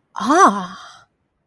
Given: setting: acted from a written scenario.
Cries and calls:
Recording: vocal sound without words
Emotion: interest

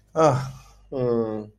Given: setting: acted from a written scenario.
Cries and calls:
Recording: vocal sound without words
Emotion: romantic love

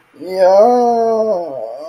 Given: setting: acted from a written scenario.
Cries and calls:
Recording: vocal sound without words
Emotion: ecstasy

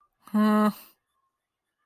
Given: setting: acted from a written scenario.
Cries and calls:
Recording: vocal sound without words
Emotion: disappointment

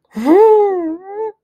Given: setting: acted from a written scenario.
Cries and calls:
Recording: vocal sound without words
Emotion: pride

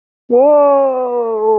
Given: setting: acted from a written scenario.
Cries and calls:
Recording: vocal sound without words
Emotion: amusement

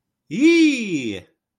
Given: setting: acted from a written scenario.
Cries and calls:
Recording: vocal sound without words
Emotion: elation

